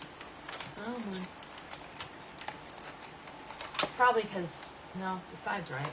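A plastic accessory part is handled and pushed at a toy treehouse while someone talks, with small plastic taps and knocks scattered through the clip and a sharper knock near 3.8 seconds. The clip ends just before the part goes home; nothing has seated or clicked into place yet.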